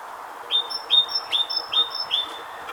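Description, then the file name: Great tit calling in a steady two-note pattern, a stronger lower note followed by a thin high note, repeated five times at about 0.4-second intervals. "Parus major"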